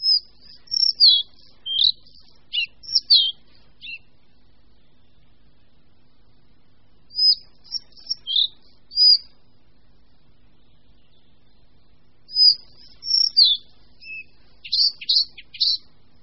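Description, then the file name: Collared flycatcher giving three bursts of song, each a jumble of high whistled and chirping notes with short pauses between them. "Lejsek bělokrký"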